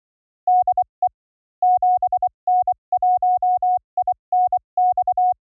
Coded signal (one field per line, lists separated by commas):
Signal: Morse code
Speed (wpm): 23 wpm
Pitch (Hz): 750 Hz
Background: none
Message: DE 7N1INX